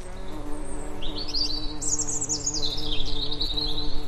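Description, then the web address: Bee buzz, a steady low hum held throughout, with a bird's rapid twittering song over the top. Bees buzzing in a flower meadow. "blumenwiese bienen summen"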